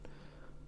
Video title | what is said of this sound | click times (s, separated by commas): Such Great Value! Lego City Cargo Terminal 60169 Review | doesn't really lock in all that well like you can hear it click then but yeah it's not not great | 0.1 s